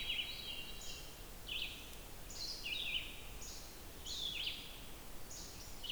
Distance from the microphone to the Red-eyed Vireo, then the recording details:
about 40 m. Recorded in boreal forest in Alberta, Canada, on 28 June 2016 at 07:12. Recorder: SongMeter 3, array SBT-6-79. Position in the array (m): 122 m, 190 m